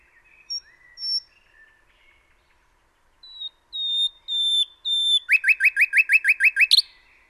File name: Luscinia megarhynchos 180914